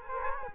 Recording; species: mosquito wingbeat signal from an infrared sensor; Culex quinquefasciatus